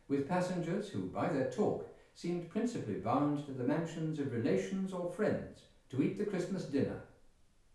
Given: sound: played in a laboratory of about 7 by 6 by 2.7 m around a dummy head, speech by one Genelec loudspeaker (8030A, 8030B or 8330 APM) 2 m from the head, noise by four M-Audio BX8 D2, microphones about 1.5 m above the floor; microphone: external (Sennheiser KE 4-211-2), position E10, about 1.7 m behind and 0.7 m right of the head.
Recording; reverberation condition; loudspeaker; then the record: male speech in English; medium; 120 degrees to the left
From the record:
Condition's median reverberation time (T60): about 510 ms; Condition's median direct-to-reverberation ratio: about -0.5 dB